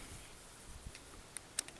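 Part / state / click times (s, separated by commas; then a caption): shaft seal into tractor steering column bore / seated / 1.6 s. A power steering shaft seal, started in the steering column bore of a Farmall International tractor, is driven down over a quiet background with a few faint taps. A sharp tick comes at 1.4 s, then a louder, bright snap at 1.6 s as the seal seats in the bore, followed by a softer tick at 1.7 s.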